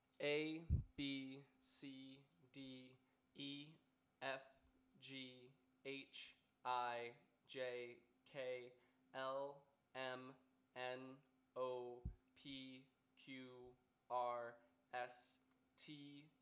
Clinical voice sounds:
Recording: letters of the alphabet, spoken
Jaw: free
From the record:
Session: first day, before the bite bar

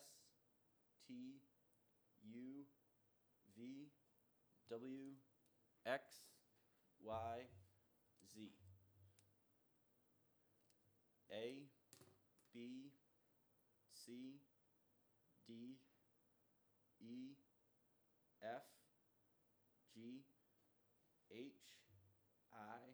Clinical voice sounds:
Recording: letters of the alphabet, spoken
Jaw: free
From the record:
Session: first day, before the bite bar

